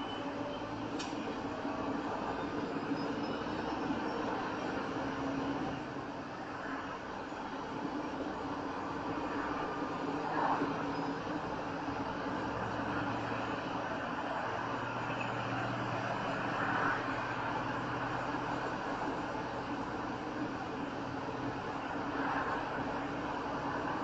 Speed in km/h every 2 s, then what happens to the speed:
27, 32, 37, 39, 40, 44, 47, 47, 48, 52, 55, 56.
0-24 speeds up to 56.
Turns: none.